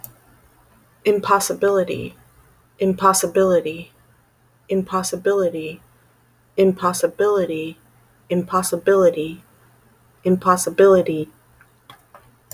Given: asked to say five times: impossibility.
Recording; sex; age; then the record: repeated word; female; 50 to 59 years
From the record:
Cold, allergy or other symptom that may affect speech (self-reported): no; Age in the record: 52 years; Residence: Texas, United States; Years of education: 16